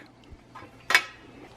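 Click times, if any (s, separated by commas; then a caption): 0.9 s. The metal mounting plate from the back of a TV is pushed onto the articulating arm of a SANUS wall mount, and after a few faint rustles, its spring-loaded latch gives a sharp metallic snap at 0.9 s and a second, louder click at 0.95 s. The plate is seated and locked onto the arm.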